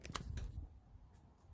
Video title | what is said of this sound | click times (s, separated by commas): Toyota Sienna Liftgate Struts/Shocks Hatch Lift Support Replacement & Installation | And it locks in place like that. | 0.1 s, 0.2 s